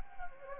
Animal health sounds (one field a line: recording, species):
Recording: mosquito wingbeat signal from an infrared sensor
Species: Anopheles gambiae